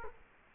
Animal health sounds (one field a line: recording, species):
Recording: mosquito wingbeat signal from an infrared sensor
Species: Culex quinquefasciatus